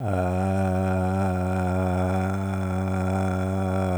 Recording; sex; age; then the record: sustained vowel /a/; male; 50 to 59 years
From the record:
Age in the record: 54 years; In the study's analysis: excluded